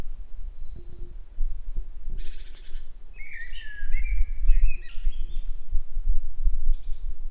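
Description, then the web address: Common blackbird with a buzzy high note, then a rich warbled phrase and sharp high twittering, over low background noise. Recorded at Grimsvik on 26 March 2016. "fagelljud 20160326 koltrast grimsvik"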